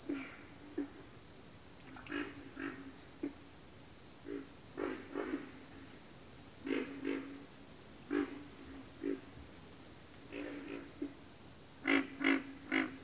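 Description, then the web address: Pig frog grunting repeatedly in low, gravelly bursts, often in quick pairs or triplets, with a shrill pulsing insect chorus behind. Pig frogs calling in a bayou. "Echoes of Nature - Bayou Pig Frogs"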